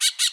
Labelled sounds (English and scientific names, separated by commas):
Brown-throated Parakeet (Eupsittula pertinax) contact call